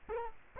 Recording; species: mosquito wingbeat signal from an infrared sensor; Culex quinquefasciatus